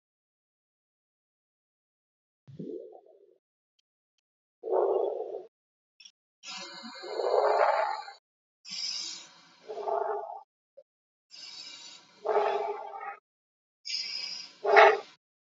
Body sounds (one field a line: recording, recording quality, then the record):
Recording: shallow breathing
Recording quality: excellent, no background noise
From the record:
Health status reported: healthy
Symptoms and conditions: fever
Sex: female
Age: 20 years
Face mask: not worn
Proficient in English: yes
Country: India